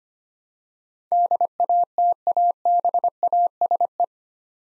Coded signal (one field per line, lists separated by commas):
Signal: Morse code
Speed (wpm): 25 wpm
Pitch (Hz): 700 Hz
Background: none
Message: DATABASE